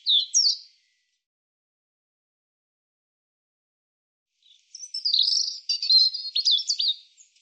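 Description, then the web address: European robin song: a brief high flourish, a long pause, then a longer phrase of rapid, jumbled, squeaky notes. "cianscape birddata Deverinetal 2025 Bird Er Ru"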